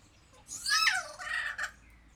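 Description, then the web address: Kea calling with a harsh, grating screech that falls in pitch, then a shorter rasping burst; background otherwise quiet. Captive bird in a zoo at Jászberény, 2016. "jaszberenyizoo 2016 professzionalis kea"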